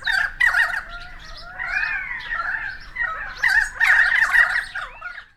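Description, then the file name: Currawongs calling, loud harsh squawks interspersed with looping, sliding whistled notes, several birds overlapping. Several currawongs recorded on 28 May 2013. "130528 Currawongs"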